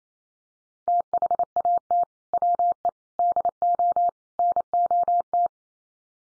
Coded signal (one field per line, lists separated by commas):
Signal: Morse code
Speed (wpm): 28 wpm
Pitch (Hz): 700 Hz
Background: none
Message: THAT WE DO NOT